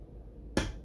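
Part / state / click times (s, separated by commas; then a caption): drive belt onto the spinning wheel fitting / seated / 0.6 s. A drive belt is slid over and clicked into place at the other end of a spinning wheel, the click needed for the wheel to spin. A single sharp click sounds at 0.6 s over a quiet background, and the belt is seated.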